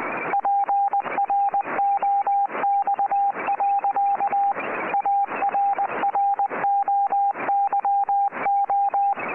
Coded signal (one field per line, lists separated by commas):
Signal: Morse code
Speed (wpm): 20 wpm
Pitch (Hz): 800 Hz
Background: radio noise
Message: PROX. ARROYO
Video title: CWA Cerrito Radio (Montevideo, Uruguay) - 8602 kHz CW